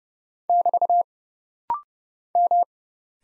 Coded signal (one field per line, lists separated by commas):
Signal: Morse code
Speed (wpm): 30 wpm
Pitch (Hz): 700 Hz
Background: none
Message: <BT> M